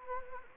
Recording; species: mosquito wingbeat signal from an infrared sensor; Anopheles gambiae